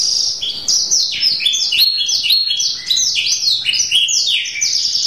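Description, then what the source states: Canary song: a fast, continuous run of high, sweeping chirps and downslurred notes, one phrase flowing straight into the next without pause. Champion singer.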